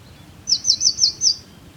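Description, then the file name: Eurasian blue tit producing five high, thin, rapidly falling notes evenly spaced in a quick series over faint low rumble. "Cyanistes caeruleus"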